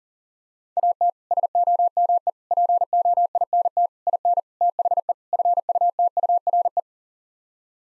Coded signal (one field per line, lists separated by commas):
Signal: Morse code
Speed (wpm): 37 wpm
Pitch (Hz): 700 Hz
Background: none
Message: AT SOME POINT IN THE FUTURE